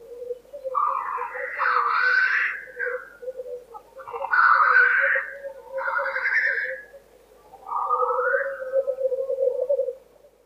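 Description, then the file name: Black grouse calling: a steady low bubbling tone runs throughout, with four hoarse, rising, wavering bouts on top, each lasting one to two seconds. "teterev"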